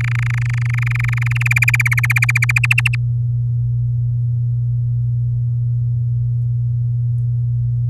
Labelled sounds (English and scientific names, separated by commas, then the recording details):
Domestic Canary (Serinus canaria) song
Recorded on 11 May 2018 at 06:30
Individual llb16